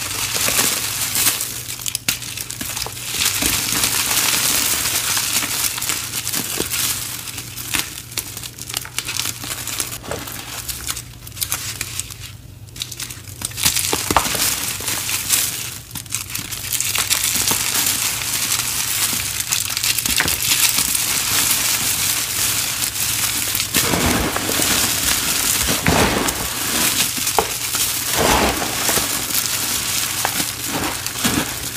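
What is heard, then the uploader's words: Dry powder is squeezed, crumbled and pressed, making dense crinkling and crackling that continues without pause, with a low steady hum beneath. Tons of super satisfying powder play. Lots of dust, pretty colors, cornstarch crunchies, and more!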